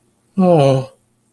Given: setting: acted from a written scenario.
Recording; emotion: vocal sound without words; sympathy